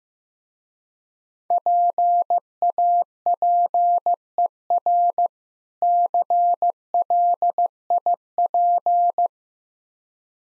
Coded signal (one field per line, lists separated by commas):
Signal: Morse code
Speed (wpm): 15 wpm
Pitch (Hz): 700 Hz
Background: none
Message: PAPER CLIP